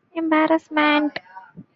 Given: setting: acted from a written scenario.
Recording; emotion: vocal sound without words; embarrassment